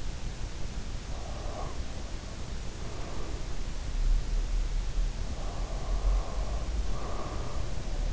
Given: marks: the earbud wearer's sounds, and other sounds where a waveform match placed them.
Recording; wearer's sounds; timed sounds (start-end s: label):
sounds in sleep by an in-ear microphone; breath
0.25-4.23 s: breath
5.03-8.13 s: breath